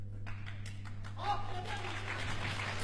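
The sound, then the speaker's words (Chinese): Scattered claps from an audience quickly swell into a dense, steady wash of applause that carries on to the end, with a low electrical hum underneath. “朋友们鼓鼓掌，明天我改行干别的去。”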